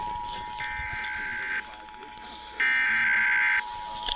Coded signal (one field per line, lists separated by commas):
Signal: Emergency Alert System (SAME) tones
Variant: header bursts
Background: speech